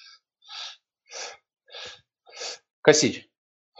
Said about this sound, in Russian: Специально задерживаю дыхание максимально вообще. То есть максимум, что я сделаю, я открою немного рот, гортань, и позволю моему телу самому дышать.